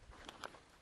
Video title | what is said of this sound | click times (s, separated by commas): Lewis Winch Skids 1000 pound log using the Ground Anchor | when you hear it click you know you got it in place | 0.3 s, 0.4 s